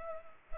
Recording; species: mosquito wingbeat signal from an infrared sensor; Culex pipiens